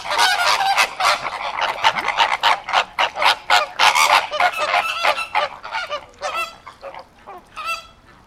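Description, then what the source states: Flamingos honking: a dense, noisy chorus of harsh, goose-like calls that thins out toward the end. At a zoo.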